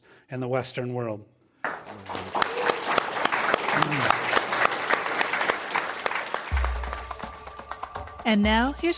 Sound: applause

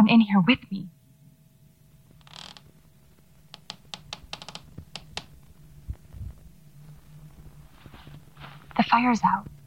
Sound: faint static; wooden creak of floorboards across the room

